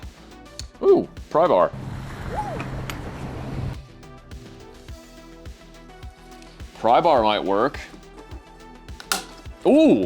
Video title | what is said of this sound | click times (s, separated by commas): Someone goes Totally AUGgers | okay yeah pry bar does work you just want to make sure that your finger isn't back there so this thing doesn't snap and hit you like it just did to me | 9.1 s